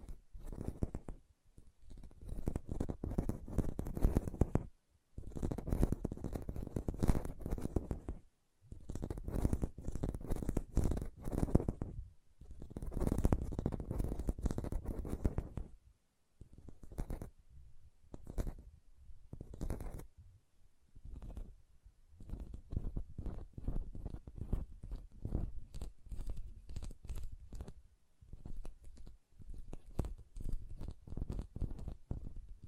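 Hand sounds with tapping and rubbing come in dense, irregular bursts, busier in the first half and sparser, choppier clicks later on.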